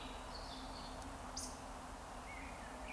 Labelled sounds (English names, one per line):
Eurasian Woodcock whistle